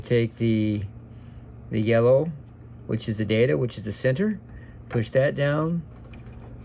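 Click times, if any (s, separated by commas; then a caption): 6.1 s. A yellow data wire goes into the centre position of a push-lever wire terminal on a pixel controller. Someone talks while the lever is pushed down, and a single short, sharp click is heard at 6.1 seconds as the wire seats in position.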